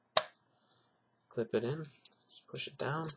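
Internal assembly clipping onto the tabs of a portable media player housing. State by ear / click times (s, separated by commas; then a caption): seated / 0.2 s. An internal assembly is clipped in around the plastic tabs of a Zune 80 or 120 portable media player housing during reassembly. A sharp, loud snap at 0.2 s shows it seating. Someone then talks.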